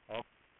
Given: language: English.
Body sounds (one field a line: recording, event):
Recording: throat vibration sensor signal played as sound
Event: speech